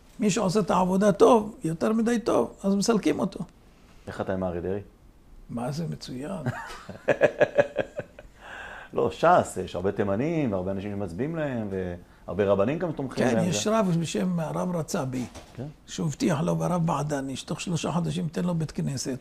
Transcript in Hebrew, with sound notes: מי שעושה את העבודה, העבודה טובה יותר מדי טוב - אז מסלקים אותו!
איך אתה עם אריה דרעי?
מה זה? מצויין!
[צוחק] לא, שס, יש הרבה תימנים והרבה אנשים שמצביעים להם והרבה רבנים גם תומכים להם
כן יש רב בשם הרב רצאבי שהוא הבטיח לו גם הרב בעדני שתוך שלושה חודשים יתן לו בית כנסת!!